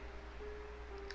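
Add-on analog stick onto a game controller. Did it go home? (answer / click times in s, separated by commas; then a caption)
no / none. An add-on analog stick accessory is handled and brought up to a game controller to snap on, with steady background music throughout and a brief faint tick near 1.1 s. The clip ends before the part goes home, so nothing has seated or clicked yet.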